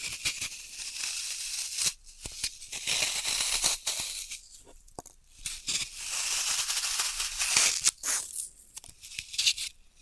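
Floral foam is crushed and cut in bursts of crisp, bright crackling, with brief near-silent gaps around two and eight seconds.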